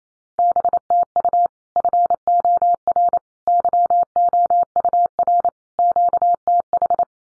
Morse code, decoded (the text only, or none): BTU FOR YOUR QTH